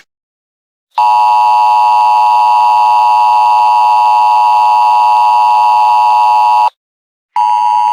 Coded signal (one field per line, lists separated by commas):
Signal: Emergency Alert System (SAME) tones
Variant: 853 and 960 Hz attention tone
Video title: Analog Archives: An EAS Mock